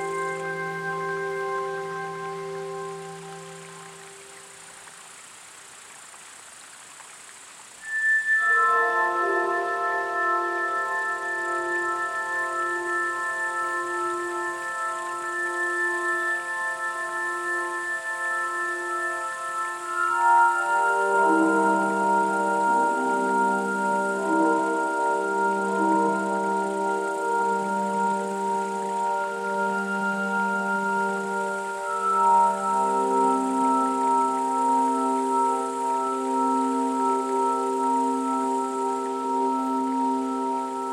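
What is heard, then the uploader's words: Tibetan bowls ring in long, pure tones, with an early low note fading out before a brighter strike near eight seconds. From about twenty seconds a low bowl pulses in a slow, even wobble under several sustained higher rings, all clear with a faint hiss. Tibetan Bowls ASMR.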